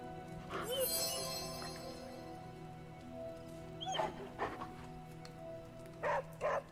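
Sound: dog barking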